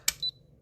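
A magnetic power cord plug is pushed into the base of a hot foil platform and snaps into place with a sharp click at 0.1 s. About 0.1 s later, the platform gives a short high-pitched beep. The plug is seated and the platform confirms it with the beep.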